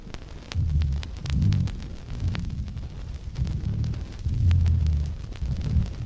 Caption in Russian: В более крупных бронхах возникают гудящие низкие басовые звуки. Прослушайте сухие гудящие хрипы.